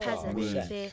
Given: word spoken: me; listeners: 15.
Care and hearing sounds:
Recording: one English word in noise, from a listening test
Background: four-talker babble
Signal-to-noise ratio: 0.3 dB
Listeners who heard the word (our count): 0 of 15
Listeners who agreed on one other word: 6 of 15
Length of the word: 0.53 s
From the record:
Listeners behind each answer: 6, 5, 1, 1, 1, 1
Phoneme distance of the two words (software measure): 17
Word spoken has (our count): 1 syllable, 2 phonemes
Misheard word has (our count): 1 syllable, 3 phonemes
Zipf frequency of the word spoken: 6.54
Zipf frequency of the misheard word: 4.33

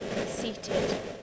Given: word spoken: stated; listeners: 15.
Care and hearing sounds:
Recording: one English word in noise, from a listening test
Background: noise modulated by three-talker babble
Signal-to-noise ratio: -6.9 dB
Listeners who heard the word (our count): 0 of 15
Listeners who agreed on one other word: 15 of 15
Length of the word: 0.83 s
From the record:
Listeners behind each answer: 15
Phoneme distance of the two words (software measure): 17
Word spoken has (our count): 2 syllables, 6 phonemes, stress on syllable 1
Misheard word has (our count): 2 syllables, 5 phonemes, stress on syllable 1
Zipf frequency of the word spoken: 3.73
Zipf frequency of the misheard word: 3.88

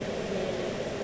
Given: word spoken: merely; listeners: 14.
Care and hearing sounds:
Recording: one English word in noise, from a listening test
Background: speech-shaped noise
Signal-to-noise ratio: -5.1 dB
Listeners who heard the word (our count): 0 of 14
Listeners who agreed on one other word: 6 of 14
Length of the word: 0.64 s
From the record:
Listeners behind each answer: 6, 2, 1, 1, 1, 1, 1, 1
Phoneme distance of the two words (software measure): 10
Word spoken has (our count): 2 syllables, 4 phonemes, stress on syllable 1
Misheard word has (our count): 2 syllables, 4 phonemes, stress on syllable 1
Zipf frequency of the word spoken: 3.83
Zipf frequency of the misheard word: 5.09

